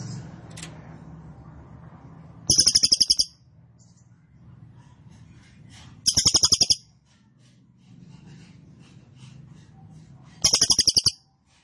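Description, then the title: Cililin song: three brief, rapid trills of high, clipped notes, repeated about every four seconds over a steady low hum. Caged-bird training recording; song style called trorol konslet, described as gacor (singing vigorously). "Cililin AMPUH 4. Cililin Trorol Konslet Gacor Banget"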